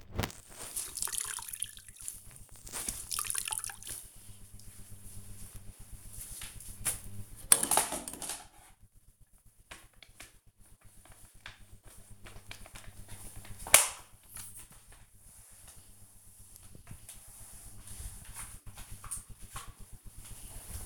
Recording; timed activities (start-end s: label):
household activities, microphone on the right wrist
0.00-20.86 s: floor cleaning